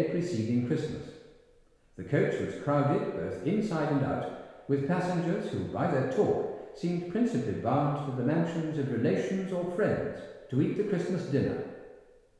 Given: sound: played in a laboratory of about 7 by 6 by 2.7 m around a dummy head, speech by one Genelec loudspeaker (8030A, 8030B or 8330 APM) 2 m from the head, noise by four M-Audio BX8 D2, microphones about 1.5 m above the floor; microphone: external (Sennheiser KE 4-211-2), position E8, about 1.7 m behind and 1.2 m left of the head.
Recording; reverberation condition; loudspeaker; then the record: male speech in English; high; 120 degrees to the left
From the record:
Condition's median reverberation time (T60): about 1300 ms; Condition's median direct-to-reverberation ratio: about -4.0 dB